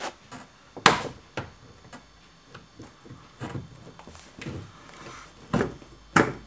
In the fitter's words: could hear them click into place. And there we have it.